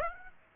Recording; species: mosquito wingbeat signal from an infrared sensor; Aedes aegypti